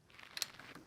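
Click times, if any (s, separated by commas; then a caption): 0.4 s. A quick-release pin is pushed into the facemask clip on a Riddell Axiom football helmet, engaged with the quick-release tool, and pressed. Two sharp, bright clicks land close together at about 0.4 s amid faint soft ticks. The clip is locked.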